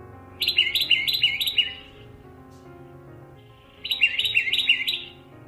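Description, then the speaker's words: Oak Titmouse song: two bursts of quick, repeated high notes, separated by about two seconds of quiet. Lives year-round from southern Oregon through California west of the Sierra Nevada to Baja California, in dry oak and oak-pine open woodlands and mixed forests with oaks. "And here's a song of the oak titmouse."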